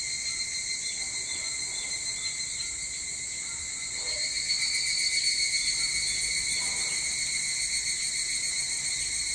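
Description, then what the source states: Evening cicada chorus, a high unbroken ringing with light pulsing, rising in loudness midway and then holding steady. Recorded 22 July 2023 at 04:40.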